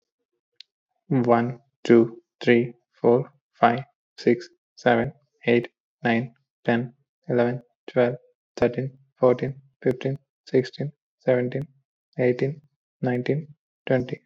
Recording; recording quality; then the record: counting at a normal pace; excellent, no background noise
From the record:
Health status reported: COVID-19 positive, mild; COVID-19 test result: positive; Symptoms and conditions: cough, sore throat, loss of smell and taste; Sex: male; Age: 32 years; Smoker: not ticked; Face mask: not worn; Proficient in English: yes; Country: India